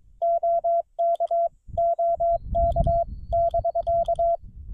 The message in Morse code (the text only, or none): OK OK <BK>